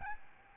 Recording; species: mosquito wingbeat signal from an infrared sensor; Aedes albopictus